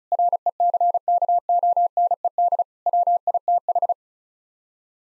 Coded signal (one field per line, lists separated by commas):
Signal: Morse code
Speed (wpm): 36 wpm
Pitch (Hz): 700 Hz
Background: none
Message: RECKONED WITH